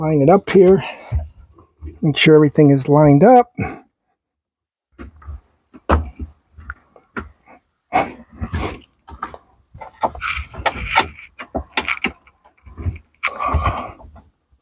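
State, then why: Not seated. A new starter relay and its plastic wiring connector are lined up on a Sea-Doo personal watercraft while someone talks. Short handling knocks and taps are heard from about 5 to 12 seconds. Nothing has seated or clicked yet; the connector has not been pushed home.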